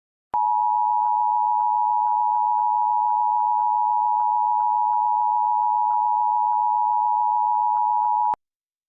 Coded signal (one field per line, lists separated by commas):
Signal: Emergency Alert System (SAME) tones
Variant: 853 and 960 Hz attention tone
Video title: EAS #77-79: 2 Marine Warnings & an EVI